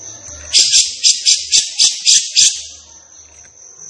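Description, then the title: Grey-cheeked bulbul uttering a rapid run of about eight scratchy, buzzy notes, then falling silent while a steady high-pitched hum continues. Singing energetically; recording used for tutoring captive birds (masteran). "Cucak Jenggot Gacor. Cucak Jenggot Emosi Untuk Masteran"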